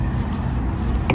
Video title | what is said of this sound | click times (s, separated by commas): 2021 Ford Bronco Soft Top Demo - SPECIAL Do's & Don'ts - Our Bronco Life | i put the tip in the groove there and you'll feel it click in | 1.1 s